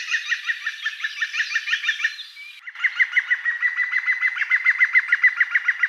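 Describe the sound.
European green woodpecker giving a laughing series, rapid ringing notes repeated steadily, broken by a brief gap before a louder run continues to the end.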